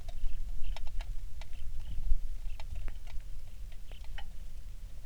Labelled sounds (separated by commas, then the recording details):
songbird, rain
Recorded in the Prudhoe Bay oil fields, Alaska, on 27 July 2019 at 18:11
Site 19